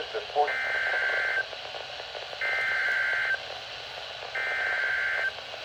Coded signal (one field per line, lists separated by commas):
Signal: Emergency Alert System (SAME) tones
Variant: header bursts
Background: speech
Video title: Mesquite Nevada | Flash Flood Warning | EAS (Emergency Alert System) NOAA